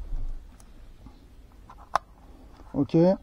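The cable connector of a motorized screen swivel mount for the Tesla Model 3 and Y is plugged into its controller unit, giving a single loud, sharp click at 2.0 s over quiet background sounds. The connector clicks in and is seated, and someone then talks briefly.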